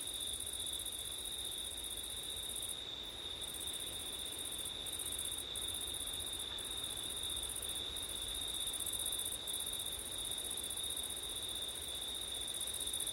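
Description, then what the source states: Cricket chorus with steady high trilling bands; the uppermost band drops out briefly several times, over low wind noise throughout. Crickets on a windy September night, ORTF microphone setup.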